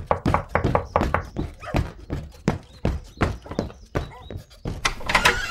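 Someone knocks on a door in a long, uneven series of dull, solid thumps, steady in loudness and coming in quick clusters with brief pauses between.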